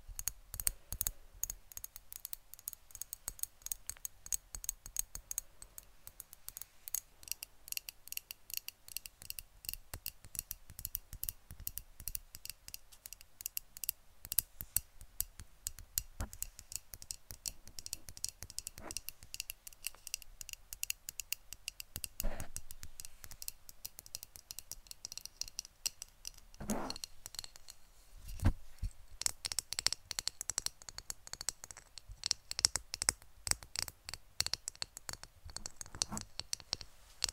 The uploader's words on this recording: ASMR Best Tapping For ULTIMATE Brain Tingles (No Talking).